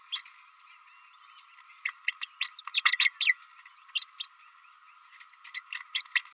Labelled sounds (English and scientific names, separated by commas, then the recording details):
Green-rumped Parrotlet (Forpus passerinus) babbling
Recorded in a nest box in Venezuela
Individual 18B104A5